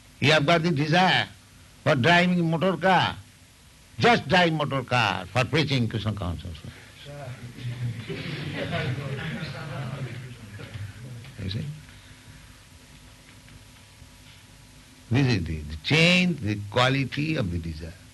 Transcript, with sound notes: You have got the desire for driving motorcar---just drive motorcar for preaching Kṛṣṇa consciousness. [laughter] You see? This is the... Change the quality of the desire.